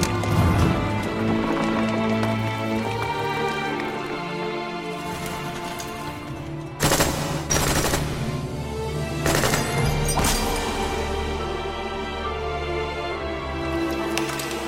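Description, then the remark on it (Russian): A few sharp, loud gunshot bursts crack out over a steady, swelling orchestral score in a film battle scene, where a Polish soldier is shot in the back of the head. A couple of shots come close together and a final one several seconds later. “И еще одного поляка застреливают в затылок.”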